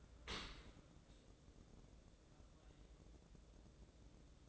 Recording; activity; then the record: daily activity, microphone in the room; open dishwasher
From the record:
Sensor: 3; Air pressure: 1012.3 hPa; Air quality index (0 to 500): 156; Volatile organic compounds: 2 ppm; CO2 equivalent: 1200 ppm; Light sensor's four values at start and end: 396/967/395/380 and 404/987/404/389